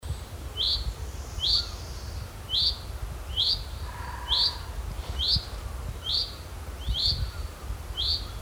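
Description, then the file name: Common chaffinch giving short, sharp metallic call notes, repeated roughly once every second, nine in all, over a steady low rumble of background noise. "Fringilla coelebs"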